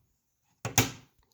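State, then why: Seated. The decorative plastic cover of a screwless light switch wallplate, its tabs lined up with the little slots on the mounting plate, is pressed on. A first sharp hit at about 0.6 s is followed by the strongest, brightest snap at 0.8 s, which rings down by about 1.1 s before two faint ticks. The cover clicks into place and is seated.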